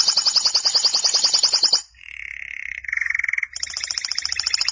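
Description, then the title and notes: Canary song: a fast buzzy trill high up, then a lower steady whistled tone and a pulsed rolling trill returning, all one continuous loud song. "BM Suara Kenari. BM Suara Burung Kenari"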